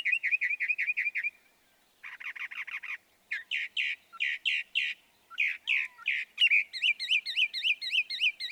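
Northern mockingbird delivering a string of varied phrases, each type repeated rapidly several times before switching, ending in a fast series of chirping notes.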